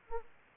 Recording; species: mosquito wingbeat signal from an infrared sensor; Aedes aegypti